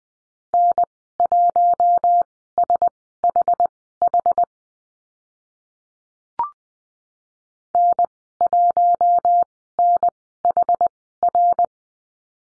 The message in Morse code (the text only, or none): N1SHH N1NHR